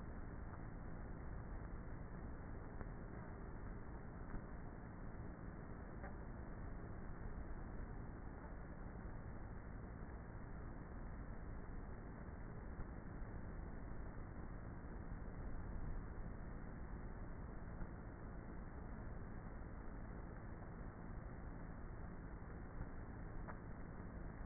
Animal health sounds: honeybee colony, microphone inside the hive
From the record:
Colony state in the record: queenless with a low population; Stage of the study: before two queens were removed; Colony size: about 30,000 bees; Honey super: no

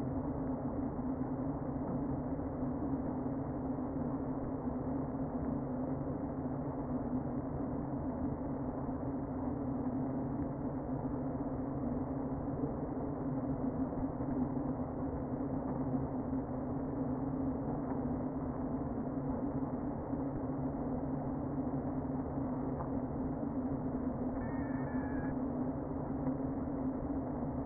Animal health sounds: honeybee colony, microphone inside the hive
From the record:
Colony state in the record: queen present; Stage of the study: before two queens were removed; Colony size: about 60,000 bees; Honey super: yes

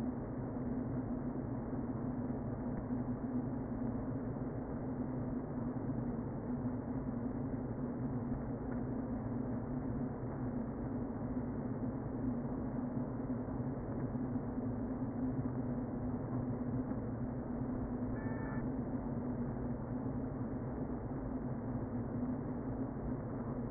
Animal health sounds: honeybee colony, microphone inside the hive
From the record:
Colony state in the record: queen present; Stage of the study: before two queens were removed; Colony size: about 60,000 bees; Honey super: yes

